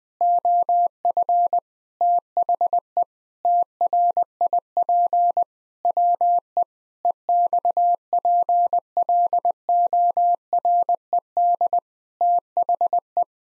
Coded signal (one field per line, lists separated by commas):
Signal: Morse code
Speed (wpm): 19 wpm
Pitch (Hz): 700 Hz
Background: none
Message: OF THE TRIP WE EXPLORED THE